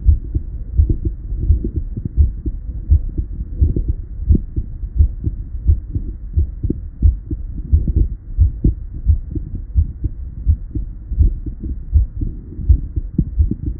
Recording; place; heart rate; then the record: heart sounds by stethoscope; Erb's point; 87 bpm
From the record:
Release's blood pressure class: hypertension stage 1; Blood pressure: 126/82 mmHg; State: at rest